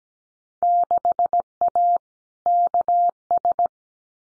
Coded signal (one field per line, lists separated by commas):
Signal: Morse code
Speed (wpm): 17 wpm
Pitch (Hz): 700 Hz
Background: none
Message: 6A KS